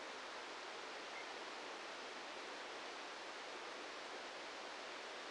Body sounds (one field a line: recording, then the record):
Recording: brain microelectrode recording played as sound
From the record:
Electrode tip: outside the subthalamic nucleus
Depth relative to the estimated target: -4 mm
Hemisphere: right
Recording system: NeuroSet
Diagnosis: Parkinson's disease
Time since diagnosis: 7 years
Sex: male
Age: 44 years